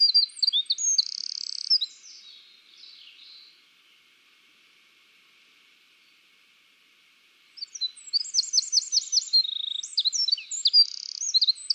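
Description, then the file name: Eurasian wren song: a loud, high burst of rapid trills and sharp twittering notes, then a pause of several seconds before a second long, tumbling outburst. "Troglodytes troglodytes"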